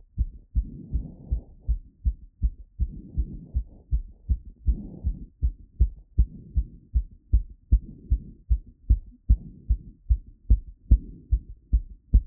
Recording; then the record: heart sounds by stethoscope after running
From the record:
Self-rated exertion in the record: moderate exertion (3 of 6); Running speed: 6 mph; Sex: female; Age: 18 years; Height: 167 cm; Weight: 50 kg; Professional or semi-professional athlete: no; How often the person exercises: 1 to 2 times a week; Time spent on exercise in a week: 1 to 2 hours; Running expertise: no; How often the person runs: 1 to 2 times a week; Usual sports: running, walking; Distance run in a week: 1 to 2 km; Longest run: 6 km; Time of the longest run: 34 minutes